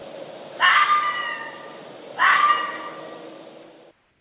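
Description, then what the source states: Bobcat uttering two raspy, wailing yowls with rich overtones about a second and a half apart, over a low steady hiss. Played recording, a known-animal example for comparison with reported Bigfoot sounds.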